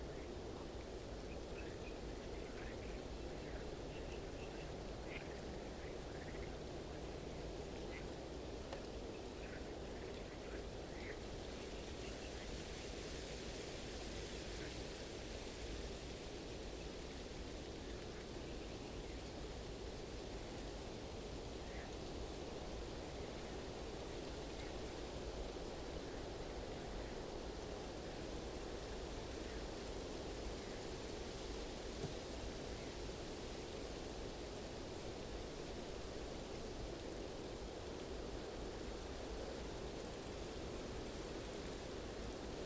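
Wind blows through the trees in a steady, dense rush that is heaviest and deepest at the low end and never lets up. A brighter hiss swells between about 12 and 16 seconds. Faint, short calls surface now and then in the first twenty seconds.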